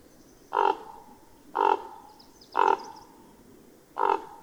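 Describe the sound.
Bird giving short nasal, honking notes, four of them about one to one and a half seconds apart, over a low steady background hiss.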